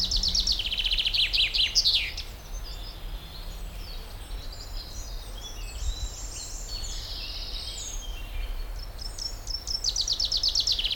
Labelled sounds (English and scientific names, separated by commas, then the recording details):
Common Chaffinch (Fringilla coelebs) song
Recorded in the wild
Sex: male
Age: adult
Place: Lanke, Brandenburg, DE
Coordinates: 52.76, 13.54
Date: 1995-04-30 18:55
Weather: heiter 14-15°C
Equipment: Marantz CP 430, Sennheiser ME 80, Kopie Uher 4000 Report Monitor
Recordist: Tembrock, Günter